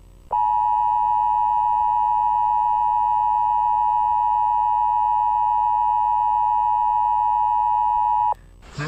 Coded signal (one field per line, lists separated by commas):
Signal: Emergency Alert System (SAME) tones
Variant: 853 and 960 Hz attention tone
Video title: Sprunki EAS Scenario - Raddy Goes Insane